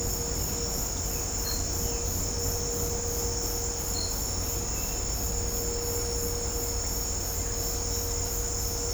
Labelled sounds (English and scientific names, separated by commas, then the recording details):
none
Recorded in dense forest near Puerto Asís, Putumayo, Colombia, on 26 December 2024 at 17:30
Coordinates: 0.503, -76.323
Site G043